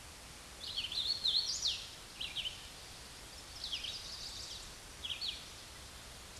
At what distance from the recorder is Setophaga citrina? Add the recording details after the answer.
about 25 m. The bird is about 5 m above the microphone. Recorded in a Pennsylvania forest on 16 May 2024 at 08:25. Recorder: AudioMoth, point MSD-2258. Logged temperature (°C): 15.2 °C. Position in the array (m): 171 m, 101 m